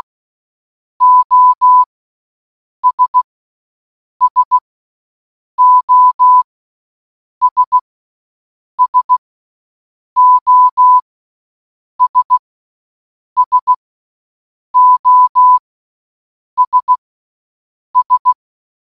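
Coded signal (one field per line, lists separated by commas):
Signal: Morse code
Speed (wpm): 16 wpm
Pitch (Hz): 1000 Hz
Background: none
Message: OS SOS SOS SOS S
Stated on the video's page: SOS sent in Morse code for one hour.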